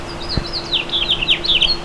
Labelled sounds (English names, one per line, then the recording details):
House Finch song
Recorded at Merrick on Long Island, New York, on 17 May 2013
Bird B